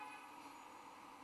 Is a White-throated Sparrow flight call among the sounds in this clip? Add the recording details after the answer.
no. No flight call is heard. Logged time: 00:44 on 21 December 2014